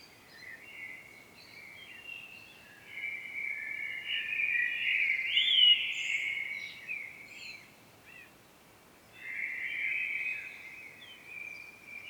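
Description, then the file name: Common blackbird song: fluty, warbled phrases around mid-high pitch, a long rich phrase in the middle and another near the end, over steady background hiss. "Turdus merula"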